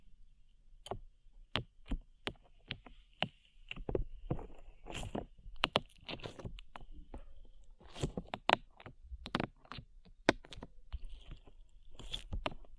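Slime being squished and pulled makes a string of sharp, wet pops and sticky clicks, arriving irregularly every half second or so and thickening into denser bursts around 4–6 and 8–10 seconds. A faint steady high whine runs underneath throughout.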